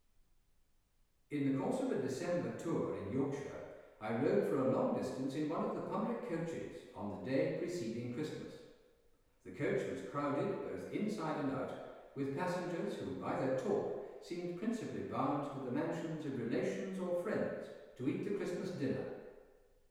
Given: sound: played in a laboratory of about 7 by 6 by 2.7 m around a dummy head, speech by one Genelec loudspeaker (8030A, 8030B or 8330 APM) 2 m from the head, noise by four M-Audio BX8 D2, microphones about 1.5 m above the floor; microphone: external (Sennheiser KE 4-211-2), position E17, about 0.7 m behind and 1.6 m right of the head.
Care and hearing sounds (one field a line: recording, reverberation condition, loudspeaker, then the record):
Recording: male speech in English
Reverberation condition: high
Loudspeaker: 90 degrees to the left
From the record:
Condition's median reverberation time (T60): about 1300 ms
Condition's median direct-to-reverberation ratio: about -4.0 dB